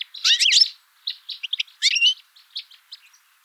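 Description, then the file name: European goldfinch calls: bright, tinkling chirps and twittering notes in a quick cluster, scattered notes, another burst near two seconds, then softer scattered chips. "Carduelis carduelis"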